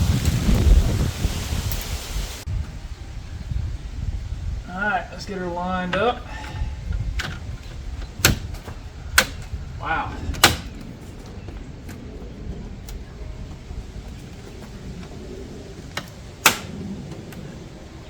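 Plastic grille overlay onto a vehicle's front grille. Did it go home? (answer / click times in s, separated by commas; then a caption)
yes / 8.2 s, 9.2 s, 10.4 s, 16.5 s. A Trim Illusion plastic gloss black grille overlay is lined up on the factory grille of a 2021-2024 Chevy Suburban and pressed on while someone talks. Its small retaining snaps click sharply over the lip of the factory grille one after another, at about 8.3, 9.2, 10.4 and 16.5 seconds. The overlay snaps into place and is seated.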